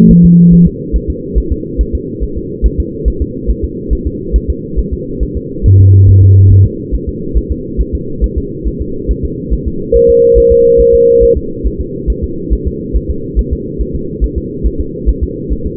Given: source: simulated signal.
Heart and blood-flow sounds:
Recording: fetal heart sounds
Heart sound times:
0.11 s: S1
0.25 s: S2
0.53 s: S1
0.67 s: S2
0.96 s: S1
1.10 s: S2
1.38 s: S1
1.52 s: S2
1.81 s: S1
1.95 s: S2
2.23 s: S1
2.38 s: S2
2.66 s: S1
2.80 s: S2
3.08 s: S1
3.22 s: S2
3.50 s: S1
3.64 s: S2
3.93 s: S1
4.07 s: S2
4.36 s: S1
4.50 s: S2
4.79 s: S1
4.93 s: S2
5.23 s: S1
5.37 s: S2
5.66 s: S1
5.80 s: S2
6.09 s: S1
6.23 s: S2
6.52 s: S1
6.66 s: S2
6.95 s: S1
7.09 s: S2
7.38 s: S1
7.51 s: S2
7.81 s: S1
7.95 s: S2
8.24 s: S1
8.38 s: S2
8.67 s: S1
8.82 s: S2
9.11 s: S1
9.25 s: S2
9.53 s: S1
9.67 s: S2
9.96 s: S1
10.10 s: S2
10.38 s: S1
10.52 s: S2
10.80 s: S1
10.95 s: S2
11.23 s: S1
11.37 s: S2
11.66 s: S1
11.81 s: S2
12.10 s: S1
12.24 s: S2
12.53 s: S1
12.67 s: S2
12.96 s: S1
13.10 s: S2
13.39 s: S1
13.53 s: S2
13.81 s: S1
13.95 s: S2
14.24 s: S1
14.38 s: S2
14.66 s: S1
14.80 s: S2
15.09 s: S1
15.23 s: S2
15.52 s: S1
15.67 s: S2
From the record:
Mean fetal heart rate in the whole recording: 140 bpm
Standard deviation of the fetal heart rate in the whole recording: 2 bpm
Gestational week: 34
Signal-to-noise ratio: -6.6 dB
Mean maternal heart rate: 72 bpm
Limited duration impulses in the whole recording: present

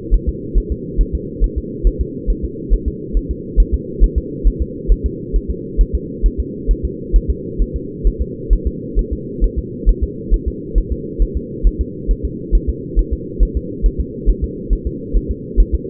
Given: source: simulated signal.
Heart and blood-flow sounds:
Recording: fetal heart sounds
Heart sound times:
0.14 s: S1
0.29 s: S2
0.58 s: S1
0.72 s: S2
1.01 s: S1
1.15 s: S2
1.44 s: S1
1.58 s: S2
1.87 s: S1
2.01 s: S2
2.30 s: S1
2.44 s: S2
2.74 s: S1
2.88 s: S2
3.17 s: S1
3.31 s: S2
3.60 s: S1
3.74 s: S2
4.04 s: S1
4.18 s: S2
4.47 s: S1
4.62 s: S2
4.92 s: S1
5.06 s: S2
5.36 s: S1
5.50 s: S2
5.81 s: S1
5.95 s: S2
6.26 s: S1
6.40 s: S2
6.71 s: S1
6.85 s: S2
7.16 s: S1
7.30 s: S2
7.62 s: S1
7.76 s: S2
8.07 s: S1
8.21 s: S2
8.53 s: S1
8.67 s: S2
8.99 s: S1
9.13 s: S2
9.44 s: S1
9.58 s: S2
9.89 s: S1
10.03 s: S2
10.34 s: S1
10.48 s: S2
10.78 s: S1
10.92 s: S2
11.22 s: S1
11.37 s: S2
11.67 s: S1
11.81 s: S2
12.11 s: S1
12.25 s: S2
12.55 s: S1
12.69 s: S2
12.99 s: S1
13.13 s: S2
13.43 s: S1
13.57 s: S2
13.86 s: S1
14.00 s: S2
14.29 s: S1
14.44 s: S2
14.73 s: S1
14.87 s: S2
15.16 s: S1
15.31 s: S2
15.60 s: S1
15.75 s: S2
From the record:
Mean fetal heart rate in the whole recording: 135 bpm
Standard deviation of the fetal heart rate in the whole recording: 3 bpm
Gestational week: 36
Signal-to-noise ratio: -4.1 dB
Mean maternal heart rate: no maternal heart sound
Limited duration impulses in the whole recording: absent

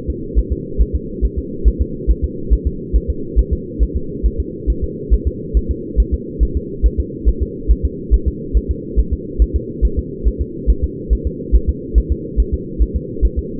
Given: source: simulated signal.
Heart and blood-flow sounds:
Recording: fetal heart sounds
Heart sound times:
0.10 s: S2
0.39 s: S1
0.53 s: S2
0.81 s: S1
0.95 s: S2
1.25 s: S1
1.39 s: S2
1.68 s: S1
1.82 s: S2
2.11 s: S1
2.25 s: S2
2.53 s: S1
2.67 s: S2
2.96 s: S1
3.10 s: S2
3.39 s: S1
3.53 s: S2
3.83 s: S1
3.97 s: S2
4.26 s: S1
4.40 s: S2
4.70 s: S1
4.84 s: S2
5.14 s: S1
5.28 s: S2
5.57 s: S1
5.71 s: S2
6.00 s: S1
6.14 s: S2
6.43 s: S1
6.57 s: S2
6.86 s: S1
7.00 s: S2
7.29 s: S1
7.43 s: S2
7.71 s: S1
7.85 s: S2
8.14 s: S1
8.28 s: S2
8.57 s: S1
8.71 s: S2
8.99 s: S1
9.13 s: S2
9.42 s: S1
9.56 s: S2
9.85 s: S1
9.99 s: S2
10.28 s: S1
10.42 s: S2
10.70 s: S1
10.84 s: S2
11.13 s: S1
11.27 s: S2
11.56 s: S1
11.69 s: S2
11.98 s: S1
12.12 s: S2
12.40 s: S1
12.54 s: S2
12.82 s: S1
12.96 s: S2
13.25 s: S1
13.39 s: S2
From the record:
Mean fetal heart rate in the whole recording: 140 bpm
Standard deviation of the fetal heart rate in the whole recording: 2 bpm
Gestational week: 34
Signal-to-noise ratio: -4.3 dB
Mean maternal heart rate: 72 bpm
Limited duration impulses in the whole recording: present

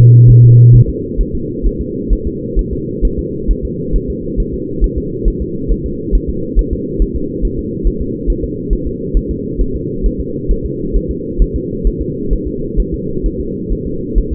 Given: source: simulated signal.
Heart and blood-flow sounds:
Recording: fetal heart sounds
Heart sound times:
0.30 s: S1
0.44 s: S2
0.75 s: S1
0.89 s: S2
1.21 s: S1
1.35 s: S2
1.66 s: S1
1.81 s: S2
2.13 s: S1
2.27 s: S2
2.59 s: S1
2.73 s: S2
3.05 s: S1
3.19 s: S2
3.51 s: S1
3.65 s: S2
3.96 s: S1
4.10 s: S2
4.40 s: S1
4.54 s: S2
4.84 s: S1
4.98 s: S2
5.28 s: S1
5.42 s: S2
5.71 s: S1
5.86 s: S2
6.15 s: S1
6.29 s: S2
6.59 s: S1
6.73 s: S2
7.02 s: S1
7.16 s: S2
7.45 s: S1
7.59 s: S2
7.87 s: S1
8.02 s: S2
8.30 s: S1
8.44 s: S2
8.73 s: S1
8.87 s: S2
9.17 s: S1
9.31 s: S2
9.61 s: S1
9.75 s: S2
10.06 s: S1
10.20 s: S2
10.51 s: S1
10.65 s: S2
10.96 s: S1
11.11 s: S2
11.42 s: S1
11.56 s: S2
11.87 s: S1
12.02 s: S2
12.33 s: S1
12.47 s: S2
12.80 s: S1
12.94 s: S2
13.26 s: S1
13.40 s: S2
13.72 s: S1
13.87 s: S2
14.18 s: S1
14.32 s: S2
From the record:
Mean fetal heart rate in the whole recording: 135 bpm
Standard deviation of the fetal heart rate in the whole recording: 3 bpm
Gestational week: 36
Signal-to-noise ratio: -6.6 dB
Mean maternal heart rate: 72 bpm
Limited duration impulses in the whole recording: present

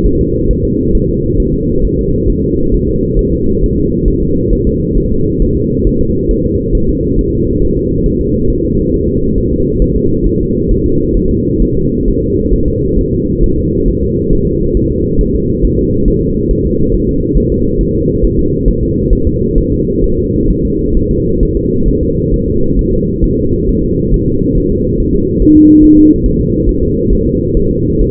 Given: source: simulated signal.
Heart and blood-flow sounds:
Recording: fetal heart sounds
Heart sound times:
0.06 s: S1
0.21 s: S2
0.51 s: S1
0.65 s: S2
0.95 s: S1
1.09 s: S2
1.40 s: S1
1.54 s: S2
1.85 s: S1
1.99 s: S2
2.30 s: S1
2.44 s: S2
2.74 s: S1
2.89 s: S2
3.19 s: S1
3.33 s: S2
3.64 s: S1
3.78 s: S2
4.08 s: S1
4.23 s: S2
4.53 s: S1
4.67 s: S2
4.97 s: S1
5.12 s: S2
5.42 s: S1
5.57 s: S2
5.87 s: S1
6.01 s: S2
6.31 s: S1
6.45 s: S2
6.75 s: S1
6.89 s: S2
7.19 s: S1
7.33 s: S2
7.62 s: S1
7.77 s: S2
8.06 s: S1
8.21 s: S2
8.50 s: S1
8.65 s: S2
8.94 s: S1
9.09 s: S2
9.38 s: S1
9.52 s: S2
9.82 s: S1
9.97 s: S2
10.26 s: S1
10.41 s: S2
10.71 s: S1
10.86 s: S2
11.17 s: S1
11.31 s: S2
11.62 s: S1
11.77 s: S2
12.08 s: S1
12.22 s: S2
12.53 s: S1
12.68 s: S2
12.99 s: S1
13.13 s: S2
13.44 s: S1
13.58 s: S2
13.88 s: S1
14.03 s: S2
14.33 s: S1
14.47 s: S2
14.77 s: S1
14.91 s: S2
15.21 s: S1
15.35 s: S2
15.65 s: S1
15.79 s: S2
16.08 s: S1
16.22 s: S2
16.51 s: S1
16.66 s: S2
16.94 s: S1
17.09 s: S2
17.38 s: S1
17.52 s: S2
17.81 s: S1
17.95 s: S2
18.24 s: S1
18.39 s: S2
18.68 s: S1
18.83 s: S2
19.13 s: S1
19.27 s: S2
19.58 s: S1
19.72 s: S2
20.04 s: S1
20.18 s: S2
20.50 s: S1
20.65 s: S2
20.97 s: S1
21.11 s: S2
21.43 s: S1
21.57 s: S2
21.88 s: S1
22.03 s: S2
22.34 s: S1
22.48 s: S2
22.79 s: S1
22.93 s: S2
23.24 s: S1
23.39 s: S2
23.69 s: S1
23.83 s: S2
24.14 s: S1
24.28 s: S2
24.58 s: S1
24.72 s: S2
25.00 s: S1
25.15 s: S2
25.42 s: S1
25.57 s: S2
25.84 s: S1
25.98 s: S2
26.26 s: S1
26.41 s: S2
26.69 s: S1
26.83 s: S2
27.13 s: S1
27.27 s: S2
27.57 s: S1
27.71 s: S2
28.01 s: S1
From the record:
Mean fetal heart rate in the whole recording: 135 bpm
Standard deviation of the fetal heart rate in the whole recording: 3 bpm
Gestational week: 36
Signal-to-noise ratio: -15.3 dB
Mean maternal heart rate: 72 bpm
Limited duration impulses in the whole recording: present

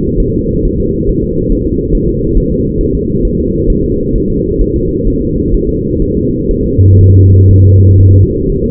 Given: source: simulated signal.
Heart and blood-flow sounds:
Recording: fetal heart sounds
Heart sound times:
0.20 s: S1
0.35 s: S2
0.65 s: S1
0.80 s: S2
1.09 s: S1
1.24 s: S2
1.52 s: S1
1.67 s: S2
1.95 s: S1
2.09 s: S2
2.37 s: S1
2.52 s: S2
2.81 s: S1
2.95 s: S2
3.25 s: S1
3.39 s: S2
3.70 s: S1
3.84 s: S2
4.16 s: S1
4.30 s: S2
4.61 s: S1
4.76 s: S2
5.08 s: S1
5.22 s: S2
5.54 s: S1
5.69 s: S2
6.02 s: S1
6.17 s: S2
6.51 s: S1
6.66 s: S2
7.01 s: S1
7.16 s: S2
7.51 s: S1
7.66 s: S2
8.01 s: S1
8.15 s: S2
8.50 s: S1
8.64 s: S2
From the record:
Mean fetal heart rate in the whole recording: 130 bpm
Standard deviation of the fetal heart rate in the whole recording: 4 bpm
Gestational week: 38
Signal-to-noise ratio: -10.2 dB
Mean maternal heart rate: 72 bpm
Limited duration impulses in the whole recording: present

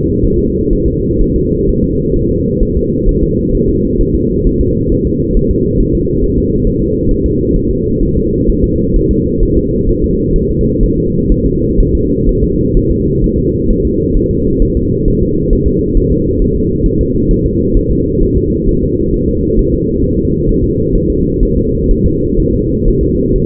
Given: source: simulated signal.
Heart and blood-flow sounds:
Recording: fetal heart sounds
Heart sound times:
0.25 s: S1
0.39 s: S2
0.73 s: S1
0.88 s: S2
1.21 s: S1
1.36 s: S2
1.69 s: S1
1.84 s: S2
2.16 s: S1
2.31 s: S2
2.63 s: S1
2.77 s: S2
3.09 s: S1
3.23 s: S2
3.55 s: S1
3.69 s: S2
4.01 s: S1
4.15 s: S2
4.47 s: S1
4.61 s: S2
4.92 s: S1
5.07 s: S2
5.37 s: S1
5.51 s: S2
5.80 s: S1
5.95 s: S2
6.24 s: S1
6.38 s: S2
6.67 s: S1
6.82 s: S2
7.11 s: S1
7.26 s: S2
7.56 s: S1
7.71 s: S2
8.03 s: S1
8.17 s: S2
8.50 s: S1
8.64 s: S2
8.96 s: S1
9.11 s: S2
9.43 s: S1
9.57 s: S2
9.89 s: S1
10.04 s: S2
10.36 s: S1
10.51 s: S2
10.83 s: S1
10.98 s: S2
11.32 s: S1
11.46 s: S2
11.80 s: S1
11.95 s: S2
12.29 s: S1
12.44 s: S2
12.77 s: S1
12.91 s: S2
13.24 s: S1
13.39 s: S2
13.70 s: S1
13.85 s: S2
14.16 s: S1
14.31 s: S2
14.62 s: S1
14.77 s: S2
15.08 s: S1
15.23 s: S2
15.53 s: S1
15.68 s: S2
15.98 s: S1
16.12 s: S2
16.42 s: S1
16.56 s: S2
16.86 s: S1
17.01 s: S2
17.31 s: S1
17.46 s: S2
17.77 s: S1
17.91 s: S2
18.23 s: S1
18.37 s: S2
18.69 s: S1
18.83 s: S2
19.14 s: S1
19.29 s: S2
19.59 s: S1
19.74 s: S2
20.04 s: S1
20.19 s: S2
20.49 s: S1
20.64 s: S2
20.95 s: S1
21.10 s: S2
21.43 s: S1
21.58 s: S2
21.91 s: S1
22.06 s: S2
22.40 s: S1
22.54 s: S2
22.88 s: S1
23.03 s: S2
23.36 s: S1
From the record:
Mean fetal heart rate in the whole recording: 130 bpm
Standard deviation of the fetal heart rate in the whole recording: 4 bpm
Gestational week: 38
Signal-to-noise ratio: -14.7 dB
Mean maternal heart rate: 72 bpm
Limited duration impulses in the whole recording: present

